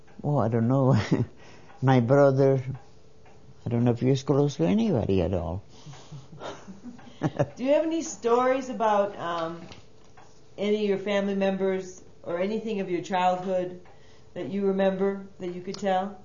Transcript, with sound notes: My brother, I don't know if he was close to anybody at all. ( she laughs )
Do you have any stories about any of your family members or anything of your childhood that you remember that you could tell?